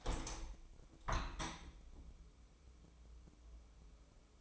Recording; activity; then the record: daily activity, microphone in the room; open window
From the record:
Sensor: 1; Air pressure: 1014.9 hPa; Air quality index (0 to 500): 27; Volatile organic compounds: 1 ppm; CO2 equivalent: 518 ppm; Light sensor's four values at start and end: 10/25/10/11 and 10/25/10/11